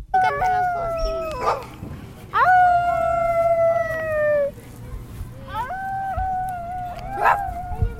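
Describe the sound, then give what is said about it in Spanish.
Voices imitate howling in three drawn-out, wavering cries that swoop up and then slide gradually down, the middle one loudest, with overlapping higher-pitched yips and murmuring between them. “Había una vez unos niños que se encontraron y de repente empezaron a aullar y empezaron a alejarse porque les dimos miedo.”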